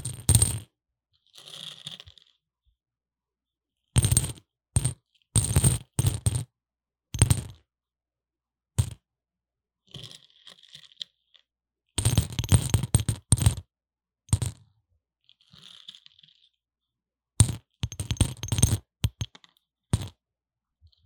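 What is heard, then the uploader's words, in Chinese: Grainy, crackling particle sounds played against a line microphone, arriving in short bursts of clustered clicks and rattles like coins spilling. The bursts come in irregular groups around 4–8, 12–14 and 17–20 seconds, with faint hissy whispers and silence between them. 各種玩弄線麥-各種顆粒聲。Lo-fi Earphone Mic。No Talking。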